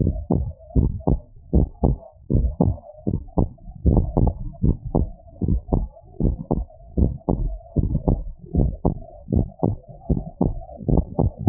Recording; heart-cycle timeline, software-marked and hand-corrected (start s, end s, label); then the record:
heart sounds
0.00	0.16	S1
0.16	0.36	systole
0.36	0.48	S2
0.48	0.76	diastole
0.76	0.92	S1
0.92	1.08	systole
1.08	1.20	S2
1.20	1.54	diastole
1.54	1.70	S1
1.70	1.84	systole
1.84	1.98	S2
1.98	2.34	diastole
2.34	2.52	S1
2.52	2.66	systole
2.66	2.76	S2
2.76	3.14	diastole
3.14	3.22	S1
3.22	3.38	systole
3.38	3.50	S2
3.50	3.86	diastole
3.86	4.04	S1
4.04	4.18	systole
4.18	4.34	S2
4.34	4.64	diastole
4.64	4.76	S1
4.76	4.96	systole
4.96	5.10	S2
5.10	5.48	diastole
5.48	5.62	S1
5.62	5.74	systole
5.74	5.88	S2
5.88	6.24	diastole
6.24	6.36	S1
6.36	6.56	systole
6.56	6.66	S2
6.66	6.98	diastole
6.98	7.14	S1
7.14	7.34	systole
7.34	7.48	S2
7.48	7.78	diastole
7.78	7.92	S1
7.92	8.08	systole
8.08	8.20	S2
8.20	8.56	diastole
8.56	8.72	S1
8.72	8.86	systole
8.86	8.96	S2
8.96	9.32	diastole
9.32	9.46	S1
9.46	9.64	systole
9.64	9.76	S2
9.76	10.10	diastole
10.10	10.22	S1
10.22	10.42	systole
10.42	10.54	S2
10.54	10.90	diastole
10.90	11.06	S1
11.06	11.20	systole
11.20	11.30	S2
11.30	11.49	diastole
From the record:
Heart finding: abnormal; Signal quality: good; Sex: male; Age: 42 years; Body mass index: 29.8